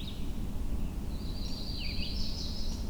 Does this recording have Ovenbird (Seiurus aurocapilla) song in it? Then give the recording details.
no. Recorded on 22 June 2016 at 07:08. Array SBT-6-76